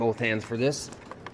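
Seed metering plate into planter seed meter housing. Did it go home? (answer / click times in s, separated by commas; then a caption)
no / none. A calibrated seed metering plate for a planter's seed meter housing is being fitted with both hands onto its hub inside the row unit while someone talks. Two brief, faint ticks of handling come at about 1.1 and 1.3 seconds, but nothing has seated or clicked into place yet.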